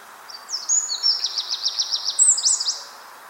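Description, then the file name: Eurasian wren with high whistles leading into a quick, steady series of several sharp chips, ending with a couple of thin notes. "Troglodytes troglodytes"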